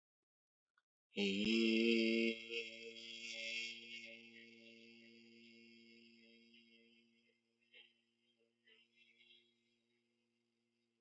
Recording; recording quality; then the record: sustained vowel as in made; excellent, no background noise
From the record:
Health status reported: healthy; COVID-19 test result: negative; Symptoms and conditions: none ticked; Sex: male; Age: 28 years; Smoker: not ticked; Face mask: not worn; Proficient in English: yes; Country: India